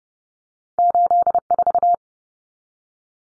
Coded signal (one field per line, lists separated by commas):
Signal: Morse code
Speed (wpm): 30 wpm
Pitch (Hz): 700 Hz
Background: none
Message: 84